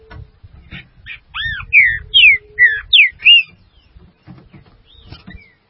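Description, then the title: Green-winged saltator song: a short phrase of loud, clear whistled notes sliding down, with softer notes before and low thumps and clicks around it. "Trinca Ferro"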